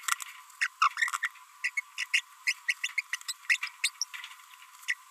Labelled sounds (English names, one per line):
Green-rumped Parrotlet babbling